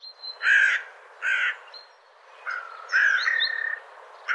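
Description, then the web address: Bird calls: two harsh caws, then a longer, drawn-out croaking call with slurred higher notes; faint thin notes from another bird in the background. "cianscape birddata"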